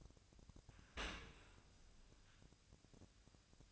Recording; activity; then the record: daily activity, microphone in the room; open dishwasher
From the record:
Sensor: 2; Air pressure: 1003.0 hPa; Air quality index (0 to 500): 199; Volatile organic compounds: 6 ppm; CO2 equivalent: 1890 ppm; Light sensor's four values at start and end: 20/49/21/23 and 20/48/21/23